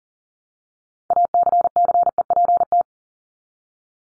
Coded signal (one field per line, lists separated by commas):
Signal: Morse code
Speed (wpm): 40 wpm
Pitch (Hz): 700 Hz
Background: none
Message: ACCEPT